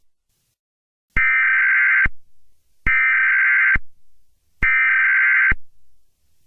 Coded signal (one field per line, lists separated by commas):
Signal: Emergency Alert System (SAME) tones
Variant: header bursts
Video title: EAS Scenario #1 - Amphibia